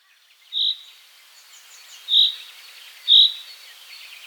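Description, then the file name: Common chaffinch giving three short, sharp, high call notes one to one and a half seconds apart, with faint background hiss between them. "Fringilla coelebs"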